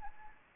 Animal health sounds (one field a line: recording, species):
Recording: mosquito wingbeat signal from an infrared sensor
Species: Anopheles arabiensis